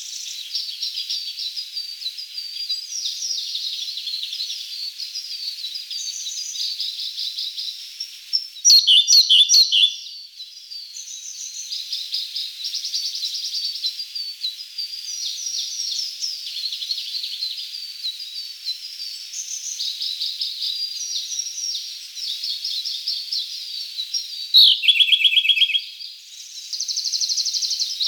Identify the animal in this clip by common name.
Siberian Blue Robin